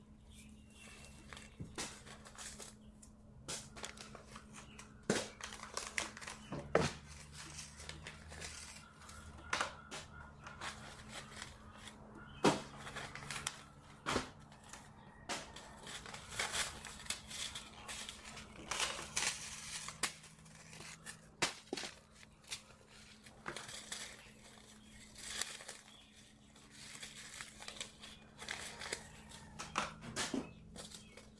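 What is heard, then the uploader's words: Packets of seeds being sorted: papery crinkles, rustles and sharp little taps come in irregular bursts throughout, some louder clicks standing out near 5, 12 and 20 seconds. Beneath them runs a steady low hum that never changes. Sorting Seed packets. Sorting packets of seeds.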